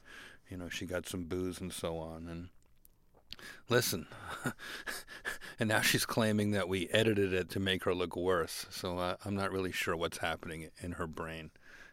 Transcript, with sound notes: You know, she got some boos and so on. And listen (laughter) and now she's claiming that we edited it to make her look worse. So I'm not really sure what's happening in her brain.